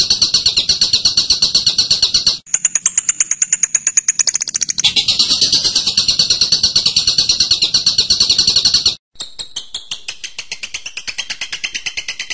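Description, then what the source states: Bird singing a rasping trill, a shrill ticking run, more buzzy trill, then descending clipped chips after a brief gap. Birdsong used to train birds.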